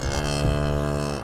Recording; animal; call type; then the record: contact call of a hoofed animal; cattle; low-frequency (closed-mouth) or high-frequency (open-mouth) call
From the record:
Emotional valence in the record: negative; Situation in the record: full separation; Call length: 1.23 s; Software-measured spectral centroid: 2860 Hz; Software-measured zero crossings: 1840 a second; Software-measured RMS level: -24 dBFS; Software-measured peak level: -9 dBFS